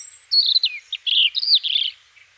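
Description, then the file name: European robin song, a short rich warble of liquid sliding notes with a thin high whistle at the start. "Erithacus rubecula"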